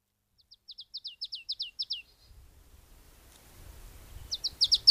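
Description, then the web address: Marsh tit gives a quick series of bright downslurred notes, then low rumbling noise rises before another loud burst of the same notes begins at the end. "agykontroll Madardalok Cd 1. Barátcinege"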